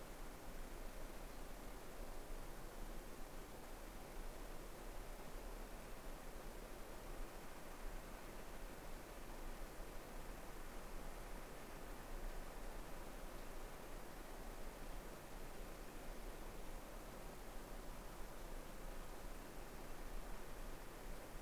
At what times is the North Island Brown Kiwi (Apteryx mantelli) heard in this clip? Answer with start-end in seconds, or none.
none